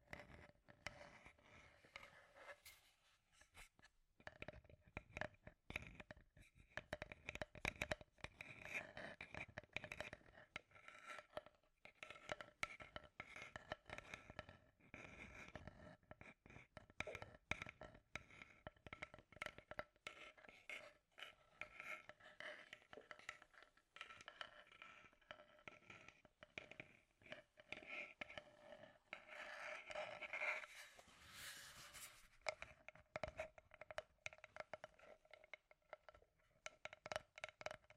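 Scratchy tapping runs throughout in dense, irregular clicks and scrapes, with a faint steady tone underneath and a brighter scraping burst near thirty seconds.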